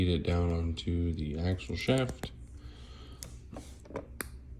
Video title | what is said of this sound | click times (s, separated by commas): Building a OH35A01 kit with a ram rebel body | Okay, that little click means it's all the way down. | 4.2 s